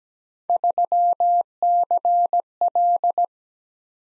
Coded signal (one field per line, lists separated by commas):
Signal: Morse code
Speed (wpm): 17 wpm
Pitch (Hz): 700 Hz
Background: none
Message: 3CL